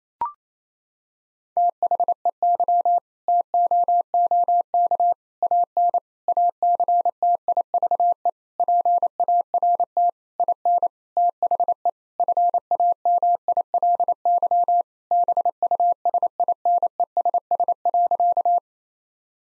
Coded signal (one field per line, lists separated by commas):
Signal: Morse code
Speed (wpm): 27 wpm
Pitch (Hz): 700 Hz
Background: none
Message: THEY TOOK AN ACTIVE PART IN THE FAMILY BUSINESS.